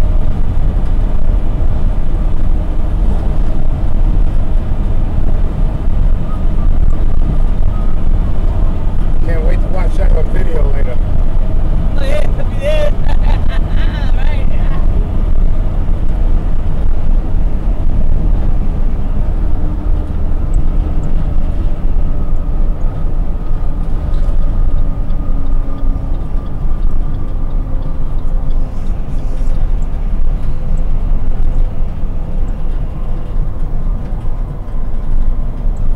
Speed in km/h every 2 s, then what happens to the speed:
82, 84, 84, 84, 84, 85, 85, 84, 84, 81, 77, 76, 72, 69, 68, 68, 68, 64.
0-17 steady at about 84. 17-27 slows to 68. 27-36 steady at about 68.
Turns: none.